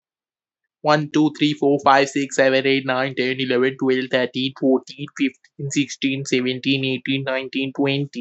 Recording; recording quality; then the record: counting at a fast pace; excellent, no background noise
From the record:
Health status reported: healthy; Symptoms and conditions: none ticked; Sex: male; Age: 20 years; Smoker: not ticked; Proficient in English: yes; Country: India